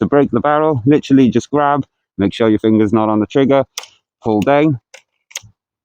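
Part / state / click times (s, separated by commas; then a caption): air rifle barrel cocking into the action's sear / seated / 5.4 s. Someone talks while breaking the barrel of a Gamo Speedster Gen2 .22 cal air rifle, pulling it downward until the cocking mechanism catches in the action's sear. A sharp click is heard at 5.4 s, with fainter ticks just before, as the break barrel locks open and is cocked.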